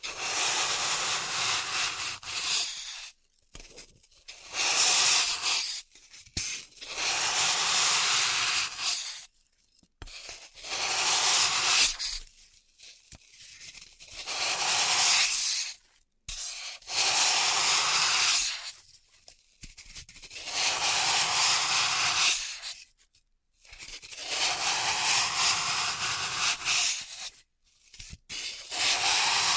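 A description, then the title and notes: Floral foam being cut and crushed in repeated bursts of crisp, crumbly tearing and rubbing, each lasting a few seconds. Short silent gaps separate the bursts, which come back at an uneven pace. The crunching is bright and gritty, with little low rumble. Dry vs Wet Floral Foam Tapping, Cutting and Crushing. (No Talking).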